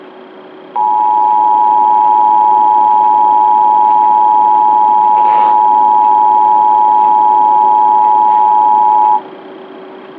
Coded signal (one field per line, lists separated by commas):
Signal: Emergency Alert System (SAME) tones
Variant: 853 and 960 Hz attention tone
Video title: Emergency Alert System (EAS) - National Periodic Test (NPT) . 9.28.2016